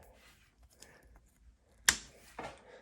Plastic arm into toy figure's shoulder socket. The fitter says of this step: Then you have the arms, and they literally just pop.